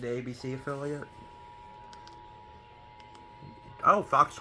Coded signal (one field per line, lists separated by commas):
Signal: Emergency Alert System (SAME) tones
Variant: 853 and 960 Hz attention tone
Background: speech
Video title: EAS Alerts from Nov 18 & Nov 19, 2024 | EAS #142 - #146